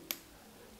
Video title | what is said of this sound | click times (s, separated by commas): EP:24 Weiser-Technik Wizard Module Installation Guide for BMW R1250-GS/GSA - Multifunction upgrade | That's clipped in, and then we can do the same thing on the other side. | 0.1 s